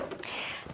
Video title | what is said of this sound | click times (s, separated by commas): Bernette B35 Sewing Machine | pop the accessory tray back on | 0.2 s